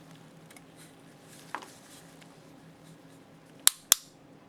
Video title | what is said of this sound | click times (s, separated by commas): Haag-Streit Headrest/Chinrest Slit Lamp Cable Replacement (New Style) | I'm going to push it down maybe we'll hear two clicks | 3.7 s, 3.9 s